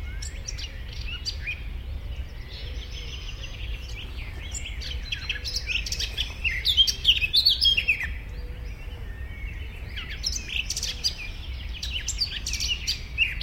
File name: Sylvia atricapilla